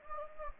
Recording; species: mosquito wingbeat signal from an infrared sensor; Anopheles gambiae